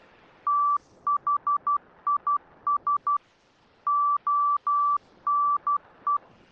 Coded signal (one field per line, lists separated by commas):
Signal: Morse code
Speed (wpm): 12 wpm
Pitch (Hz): 1160 Hz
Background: none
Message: THIS ONE